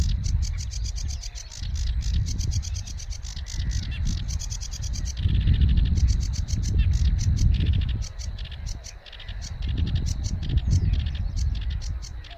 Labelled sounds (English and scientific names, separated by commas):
Sedge Warbler (Acrocephalus schoenobaenus) song